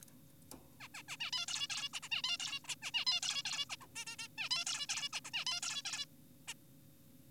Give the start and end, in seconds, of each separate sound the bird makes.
0.80-0.88, 0.94-1.02, 1.08-1.16, 1.20-1.31, 1.33-1.46, 1.48-1.67, 1.70-1.89, 1.94-2.00, 2.03-2.09, 2.12-2.22, 2.24-2.38, 2.40-2.60, 2.64-2.68, 2.68-2.75, 2.82-2.91, 2.94-3.05, 3.07-3.20, 3.23-3.42, 3.45-3.65, 3.70-3.76, 3.81-3.86, 3.96-4.05, 4.07-4.16, 4.19-4.28, 4.38-4.49, 4.51-4.65, 4.66-4.86, 4.89-5.09, 5.13-5.20, 5.25-5.31, 5.34-5.44, 5.47-5.60, 5.63-5.82, 5.85-6.06, 6.48-6.54